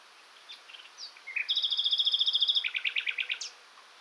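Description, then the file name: Common nightingale singing a varied phrase: short chirps leading into a rapid, loud rattle of repeated notes, then a slower series of harsher notes ending in a downslurred whistle. "Luscinia megarhynchos"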